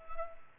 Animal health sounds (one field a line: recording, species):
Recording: mosquito wingbeat signal from an infrared sensor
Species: Culex quinquefasciatus